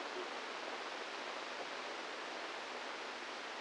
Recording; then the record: brain microelectrode recording played as sound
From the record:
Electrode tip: inside the subthalamic nucleus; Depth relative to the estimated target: -1 mm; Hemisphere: right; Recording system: NeuroSet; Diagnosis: Parkinson's disease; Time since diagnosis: 8 years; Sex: male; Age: 46 years